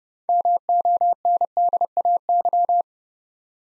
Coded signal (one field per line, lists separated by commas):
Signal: Morse code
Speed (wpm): 29 wpm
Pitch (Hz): 700 Hz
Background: none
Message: MONDAY